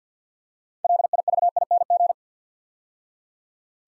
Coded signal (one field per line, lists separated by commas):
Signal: Morse code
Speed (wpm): 50 wpm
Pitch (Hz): 700 Hz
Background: none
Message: LIVING